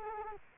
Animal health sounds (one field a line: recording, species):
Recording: mosquito wingbeat signal from an infrared sensor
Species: Culex quinquefasciatus